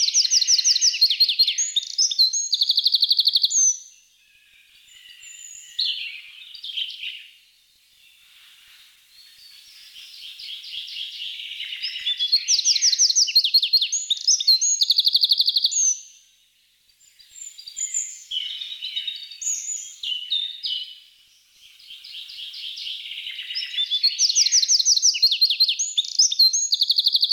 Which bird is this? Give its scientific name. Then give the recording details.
Troglodytes troglodytes. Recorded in the wild. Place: Oberrotweil am Kaiserstuhl, Baden-Württemberg, DE. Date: 1982-06-17. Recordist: Schwarz, Dieter